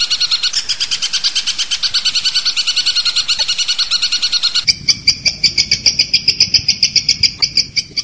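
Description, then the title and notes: Long-tailed shrike song: rapid, high chattering notes repeated steadily, with a sharp change in tone about halfway through. Long-tailed shrike song in the 'tembakan' variation style, from a training recording for songbirds. "Suara Burung Cendet Tembakan Variasi 5. Masteran Burung Cendet"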